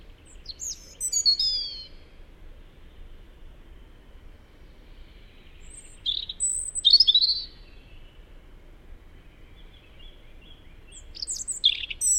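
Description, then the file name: European robin song: sparkling high whistled phrases with quick descending notes, delivered in three bursts several seconds apart. "Erithacus rubecula"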